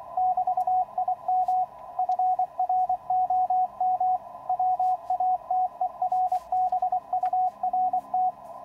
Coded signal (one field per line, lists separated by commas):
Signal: Morse code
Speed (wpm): 24 wpm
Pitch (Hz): 740 Hz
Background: radio noise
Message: <BT> IM FROM WATERBURT